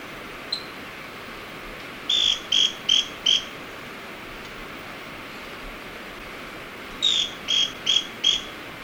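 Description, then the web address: Scale-crested pygmy-tyrant with two phrases of four sharp, buzzy notes each, delivered rapidly and evenly, separated by about four seconds; steady insect hiss behind. Recorded in Ecuador. "Natures Songs S America Birds of Ecuador Scale-crested Pygmy-Tyrant"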